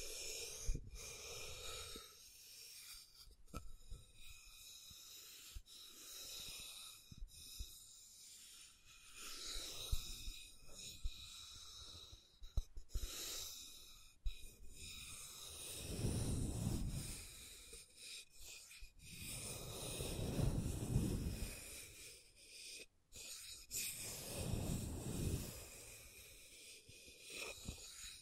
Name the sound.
Scratching & Tracing